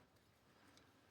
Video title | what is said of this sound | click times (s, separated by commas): Traverseon Camping Stove – 3800W Windproof Flame, Is It Good For Outdoor Cooking? | twist it up, lock it. | 0.8 s